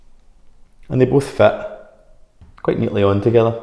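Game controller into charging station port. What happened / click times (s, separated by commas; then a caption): The part is being handled but has not clicked into place yet / none. Someone talks while a second PS5 DualSense controller is handled toward the other port of an official DualSense charging station that is not plugged in, so both controllers can sit on it together. The clip ends just before the controller goes home, so nothing has seated or clicked yet.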